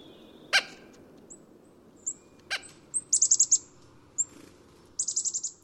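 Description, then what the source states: Chickadee calls: very high, thin notes, some single and some in quick bursts of about five, with a few sharp clicks between them. Flitting back and forth for sunflower seeds from a feeder.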